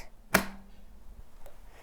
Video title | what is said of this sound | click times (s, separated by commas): EASWE E10 Wheelchair Review - Indoor, Outdoor, Grass and Inclines, Car Transfer | then gently press until you hear it click. | 0.3 s